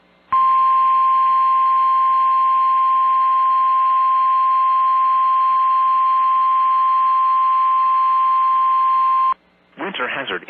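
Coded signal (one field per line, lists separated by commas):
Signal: Emergency Alert System (SAME) tones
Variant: 1050 Hz attention tone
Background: speech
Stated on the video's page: Winter storm warning EAS alert on NOAA Weather Radio for the Minnesota Arrowhead, received at Grand Marais, MN.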